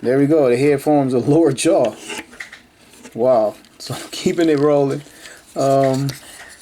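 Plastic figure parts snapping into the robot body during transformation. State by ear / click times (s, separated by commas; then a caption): not seated / none. Someone talks while transforming a plastic Transformers WFC Earthrise Voyager Class Snapdragon action figure, folding two plastic parts down toward the robot body, with brief handling noises around 2.4 and 2.5 s. Nothing has seated or snapped into place yet when the clip ends.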